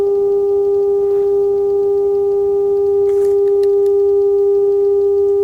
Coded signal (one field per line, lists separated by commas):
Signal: telephone call progress tone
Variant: Japan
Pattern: dial tone